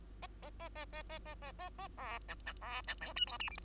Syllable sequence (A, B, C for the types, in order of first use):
A A A A A A A A A A B C C B C D E F G H I